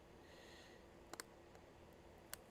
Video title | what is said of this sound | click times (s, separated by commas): Pre-Purchase Inspection on 60 ThinkPads! | And that Oh, that beautiful click. You You guys know, those of you that know know that beautiful click. You feel that click. | 2.3 s